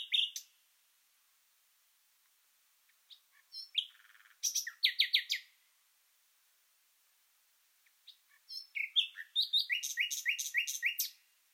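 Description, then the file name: Common nightingale song: scattered short notes and a buzzy phrase, a long pause, then a quick rattling series of repeated notes. "Luscinia megarhynchos"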